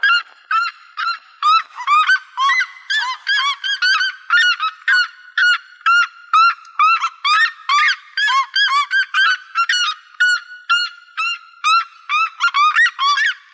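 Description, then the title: Bird calling in a fast series of harsh, honk-like notes, each with strong overtones, repeating about twice per second throughout. "LuckyPassaros CompletosSama"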